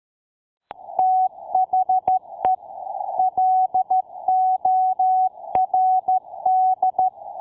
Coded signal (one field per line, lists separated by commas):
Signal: Morse code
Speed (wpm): 13 wpm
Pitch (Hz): 750 Hz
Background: none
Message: THE LORD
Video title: Potassium Iodide and the Easiest Way to get Off Grid Power